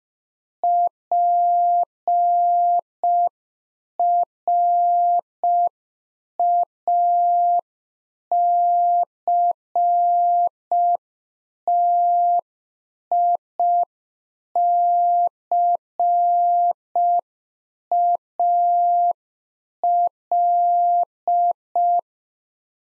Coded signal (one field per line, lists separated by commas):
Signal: Morse code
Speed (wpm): 5 wpm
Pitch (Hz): 700 Hz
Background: none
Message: PRACTICAL